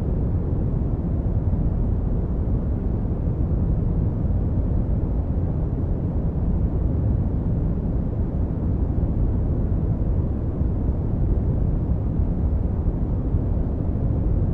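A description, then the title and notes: A steady, unbroken rush of noise holds at one level for the whole stretch, thick and deep with most of its weight in the low end and little brightness on top. No separate events stand out; it sounds like a dull, engine-like roar. White Noise Sounds.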